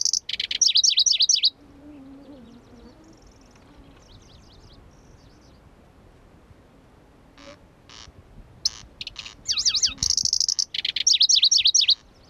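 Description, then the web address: Pallas's grasshopper warbler singing a rapid run of slurred high notes, falling quiet with a few soft ticks, then bursting into another loud, repeated swooping phrase. Recorded at Kuda on 25 June 2012. "June 25 2012 Lcertiola Kuda"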